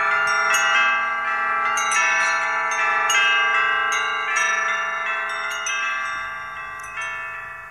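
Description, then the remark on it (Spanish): A village's church bells, joined by other bells the villagers had acquired, peal continuously, overlapping bright metallic strikes ringing out in a dense, shimmering wash of sustained tones, with repeated clangs arriving every half second or so and no voices. “No tardaban los de Tundelatapa en echar a vuelo las campanas de la iglesia, más otras campanas que habían adquirido y que ya no sabían dónde colgarlas.”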